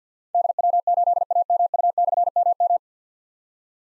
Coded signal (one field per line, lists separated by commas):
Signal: Morse code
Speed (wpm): 47 wpm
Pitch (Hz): 700 Hz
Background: none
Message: DW8AMU/MM